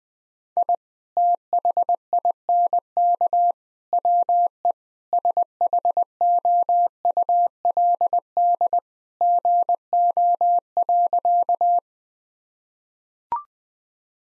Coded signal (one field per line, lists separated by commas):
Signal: Morse code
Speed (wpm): 21 wpm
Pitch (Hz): 700 Hz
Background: none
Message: I THINK WE SHOULD GO.